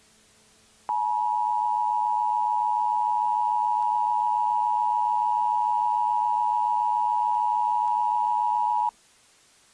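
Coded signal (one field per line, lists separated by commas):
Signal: Emergency Alert System (SAME) tones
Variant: 853 and 960 Hz attention tone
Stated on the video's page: Fictional EAS scenario, not real.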